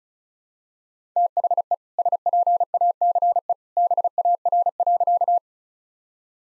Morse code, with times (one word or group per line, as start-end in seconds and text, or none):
1.2-1.7 THE
2.0-3.5 SPACE
3.8-5.4 BAR.